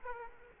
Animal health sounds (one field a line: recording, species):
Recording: mosquito wingbeat signal from an infrared sensor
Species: Aedes aegypti